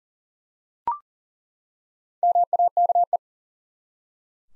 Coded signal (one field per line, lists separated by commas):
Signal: Morse code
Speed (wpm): 40 wpm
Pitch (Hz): 700 Hz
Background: none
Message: MAKE